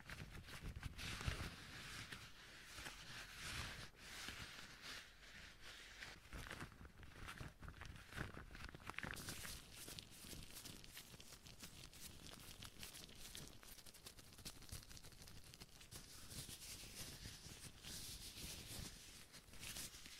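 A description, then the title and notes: Gloved hands rub and handle material in a steady stream of crinkly, scratchy rustling, thick with tiny crackles. The texture stays dense and bright throughout, with slightly sharper bursts in the first half and a smoother, even rubbing later on. ASMR Hand Sounds No Talking - Different Glove Sounds.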